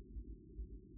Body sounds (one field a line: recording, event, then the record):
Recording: neck accelerometer signal played as sound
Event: no cough (speech, laughter, throat clearing or background)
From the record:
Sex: male